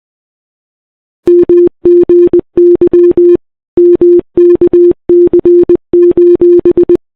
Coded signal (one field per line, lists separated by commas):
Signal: Morse code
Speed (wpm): 20 wpm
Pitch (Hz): 350 Hz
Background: none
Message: MGY MKC: